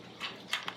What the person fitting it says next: you put your your localized power source on there and it clicks right into place there we go